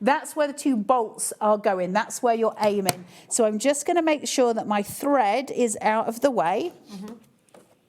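A woman talks while lining up the embroidery hoop or frame with the two bolt positions, each with a gap on either side, on the carriage arm of a Brother sewing/embroidery machine, then moves her thread out of the way. Faint, brief handling sounds follow near the end, around 7.4–7.6 seconds. Nothing has seated or clicked yet.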